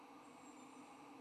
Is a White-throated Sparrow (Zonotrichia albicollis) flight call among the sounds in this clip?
no